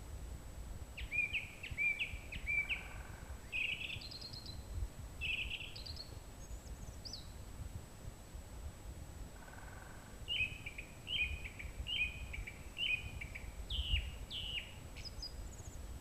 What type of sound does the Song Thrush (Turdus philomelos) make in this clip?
song